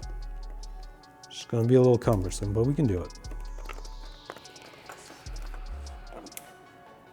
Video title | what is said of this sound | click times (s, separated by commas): How to Turn Your 2026 Yamaha R7 DRLs into Turn Signals by TST Industries | Okay, I just heard an audible click. That means the connectors have come together and locked. | 6.4 s